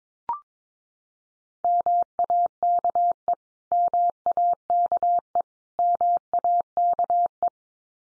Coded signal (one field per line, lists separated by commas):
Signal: Morse code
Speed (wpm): 22 wpm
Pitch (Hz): 700 Hz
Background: none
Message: MAKE MAKE MAKE